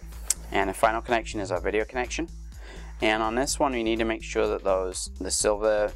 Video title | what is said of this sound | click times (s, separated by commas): DLP TV Repair - No Picture, No Power - Replacing Power Supply in Mitsubishi, Samsung, & Toshiba | and it just connects in Clips in | 0.3 s